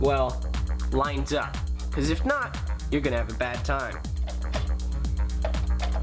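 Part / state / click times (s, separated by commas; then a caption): RAM module into motherboard memory slot / not seated / none. A RAM module is lined up over a motherboard memory slot, ready to be pushed down until the retention clip snaps. Someone talks over background music, and a couple of short sharp taps are heard near the end. Nothing has seated or clicked yet.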